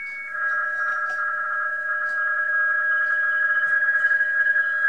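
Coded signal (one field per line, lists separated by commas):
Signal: PSK31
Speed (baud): 31.25 baud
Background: radio noise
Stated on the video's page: PSK received on a Tecsun PL-660 HF receiver.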